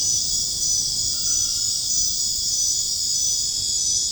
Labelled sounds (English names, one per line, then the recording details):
none
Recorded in dense forest near Puerto Asís, Putumayo, Colombia, on 29 June 2025 at 23:00
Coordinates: 0.481, -76.323
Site G072